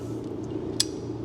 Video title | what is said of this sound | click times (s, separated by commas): Racetech Gold Valve Emulator Installation | and you'll hear that click | 0.8 s